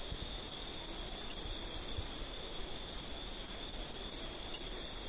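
Bird giving very high, thin phrases, short notes running into a quick sizzling trill, repeated twice, with a constant high whine in the background.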